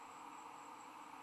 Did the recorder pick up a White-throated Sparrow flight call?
no